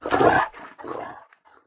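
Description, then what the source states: Dog giving a harsh, loud snarling bark, followed by quieter rough growling sounds and a few faint short sounds. Dog attacking.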